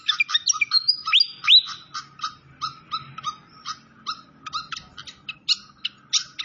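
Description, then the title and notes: Malaysian pied fantail song opening with sharp whistled slides and upswept notes, then settling into a series of spaced high chips. Masteran (training recording) of clear-voiced song. "Masteran Sikatan Kipas Suara Jernih Dan Suara Gemericik Air. Suara Burung Sikatan Londo"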